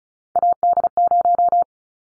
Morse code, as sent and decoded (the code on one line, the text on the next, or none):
.- -.. -----
AD0